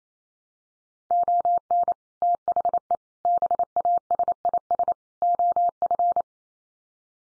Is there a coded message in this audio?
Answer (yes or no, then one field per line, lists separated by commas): yes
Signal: Morse code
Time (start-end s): 1.1-6.2 s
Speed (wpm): 28 wpm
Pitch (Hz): 700 Hz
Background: none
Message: ON THE BASIS OF